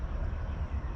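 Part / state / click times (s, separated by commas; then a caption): wiper blade onto windshield wiper arm / not seated / none. A new Michelin wiper blade is handled onto a windshield wiper arm, its tab slid into the groove on the arm before being pushed up to click into place. Only a steady, low rumbling background noise is heard, with no sharp sounds. Nothing has seated or clicked yet.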